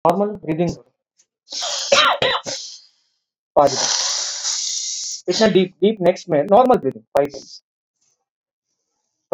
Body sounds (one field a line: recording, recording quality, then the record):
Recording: shallow breathing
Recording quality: excellent, no background noise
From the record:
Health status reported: COVID-19 positive, no symptoms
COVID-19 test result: positive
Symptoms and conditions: none ticked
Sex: female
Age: 59 years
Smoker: not ticked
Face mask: not worn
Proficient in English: no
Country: India